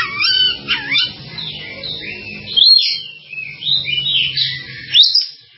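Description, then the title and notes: Bird song of looping whistles and warbled phrases, with a lower buzzy harmonic sound running beneath at times. "Bird Sound. Kicau Burung Lengkap"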